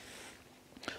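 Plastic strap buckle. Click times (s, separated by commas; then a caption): 0.8 s, 0.9 s. A plastic side-release buckle on the strap of a 5.11 Tactical Rush 12 backpack is pushed male into female. After a quiet stretch, a short rustle comes first, then two quick, sharp clicks at 0.8 s and 0.9 s as the buckle snaps shut and seats closed.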